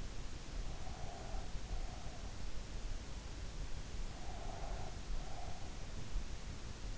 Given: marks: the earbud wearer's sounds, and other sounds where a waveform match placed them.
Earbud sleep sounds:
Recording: sounds in sleep by an in-ear microphone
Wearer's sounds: breath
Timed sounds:
0.81-2.37 s: breath
4.18-5.78 s: breath

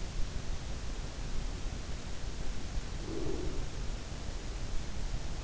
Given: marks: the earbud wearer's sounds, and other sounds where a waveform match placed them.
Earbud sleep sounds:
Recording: sounds in sleep by an in-ear microphone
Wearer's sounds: breath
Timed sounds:
2.86-3.60 s: breath

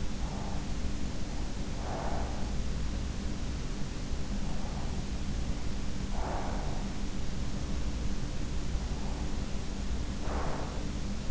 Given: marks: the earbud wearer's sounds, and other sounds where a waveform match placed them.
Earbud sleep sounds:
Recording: sounds in sleep by an in-ear microphone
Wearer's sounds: breath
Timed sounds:
0.00-2.46 s: breath
4.22-7.05 s: breath
8.52-11.31 s: breath

